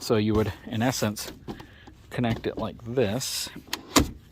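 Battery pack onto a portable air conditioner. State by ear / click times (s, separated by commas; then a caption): not seated / none. Someone talks while a battery pack is handled at the back of a Zero Breeze Mark 2 portable air conditioner, ready to be set down and slid back to lock in. A short, sharp knock sounds at about 4.0 s. Nothing has seated or clicked yet.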